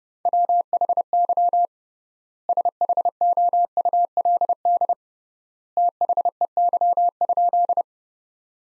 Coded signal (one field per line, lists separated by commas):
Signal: Morse code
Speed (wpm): 32 wpm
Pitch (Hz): 700 Hz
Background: none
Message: WHY SHOULD THEY?